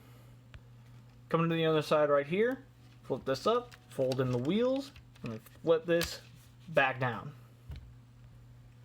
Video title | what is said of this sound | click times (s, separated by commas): MMC Ocular Max PS-12 Saltus (Mp Springer) | So yeah, slide it in until it clicks in right here. | 0.5 s